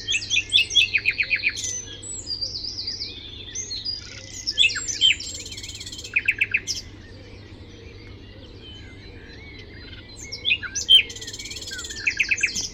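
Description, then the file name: Common nightingale song in loud bursts: rapidly repeated sharp notes, pure whistles and harsh buzzy churrs, pausing several seconds before another rattling, buzzy phrase. "Luscinia megarhynchos"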